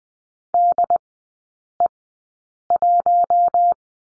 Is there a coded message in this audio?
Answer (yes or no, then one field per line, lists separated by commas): yes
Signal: Morse code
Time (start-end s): 0.5-3.7 s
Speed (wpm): 20 wpm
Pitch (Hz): 700 Hz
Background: none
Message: DE1